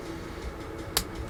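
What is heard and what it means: A vinyl poly cap is forced into a plastic part of a Gundam MK-II A.E.U.G. RX-178 model kit after a first attempt would not go in. Over a low, steady background hum, a single sharp, bright snap sounds at 1.0 s as the poly cap joint seats home.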